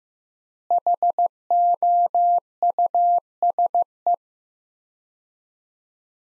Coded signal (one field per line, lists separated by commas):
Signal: Morse code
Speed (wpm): 15 wpm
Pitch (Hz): 700 Hz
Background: none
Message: HOUSE